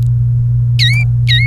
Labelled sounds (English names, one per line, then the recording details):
Domestic Canary song
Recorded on 29 April 2018 at 10:25
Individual llb3